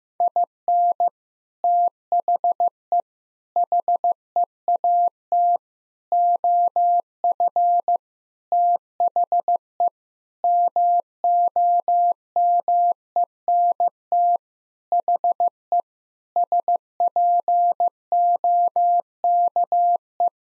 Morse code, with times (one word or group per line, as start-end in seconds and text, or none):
0.2-1.1 IN
1.6-3.0 THE
3.6-5.6 HEAT
6.1-8.0 OF
8.5-9.9 THE
10.4-14.4 MOMENT
14.9-15.8 HE
16.4-20.3 SPOKE